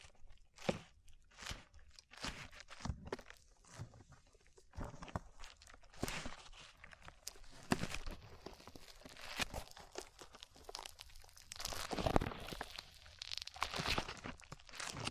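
Sticky slime being squeezed and pulled, with frequent short crackling pops and squelches arriving irregularly through the whole stretch. Bursts cluster around six to eight seconds and again near twelve, the loudest snap landing just after twelve seconds, over a low soft rustle.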